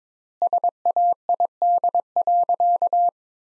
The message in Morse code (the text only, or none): SAID.